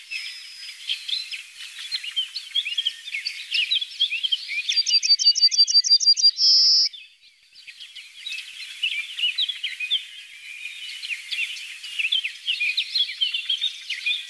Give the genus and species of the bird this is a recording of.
Emberiza citrinella